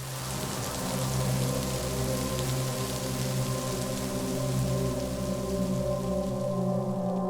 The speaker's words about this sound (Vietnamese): Chỉ có tiếng mưa trời đang âm thầm tiễn Xuyến bên bờ sông quen thuộc.